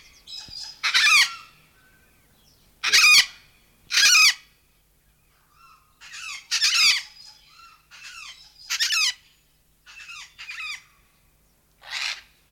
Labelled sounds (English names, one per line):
Major Mitchell's Cockatoo